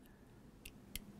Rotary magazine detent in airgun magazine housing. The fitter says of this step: and I can feel it makes an audible little click